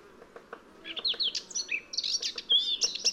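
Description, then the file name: Eurasian blackcap giving a fast, high warble of varied twittering notes, with soft clicking sounds in the background. "Sylvia atricapilla"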